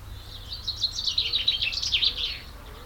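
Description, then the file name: Common chaffinch song phrase of rapid, high notes over a hissing background. "Fringilla coelebs"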